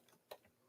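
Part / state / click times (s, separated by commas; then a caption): sliding door on a model train passenger car / seated / 0.3 s. A plastic sliding door on a model Acela passenger car is slid all the way back and pushed in until it clicks closed, with a faint tick at 0.1 s before a sharp click at 0.3 s. The door is confirmed shut and the door lights go off.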